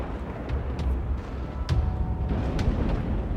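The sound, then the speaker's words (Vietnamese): Thunder rumbles continuously with a deep, heavy roar, broken by several sharp crackling strikes that snap through the low boom. No voices, just the dense, steady storm noise. “Những tiếng sấm chớp đùng đùng vang lên.”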